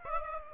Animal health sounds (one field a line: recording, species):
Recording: mosquito wingbeat signal from an infrared sensor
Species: Aedes aegypti